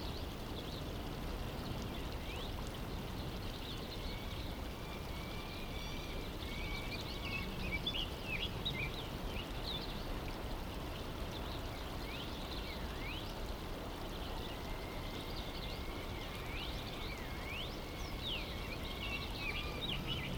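An ambient mix of daytime sounds from 19th century California: a steady, dense rushing wash like running water fills the low end throughout. Over it, birds chirp and whistle in frequent bright, short calls, with a few longer sustained whistles around the middle and end.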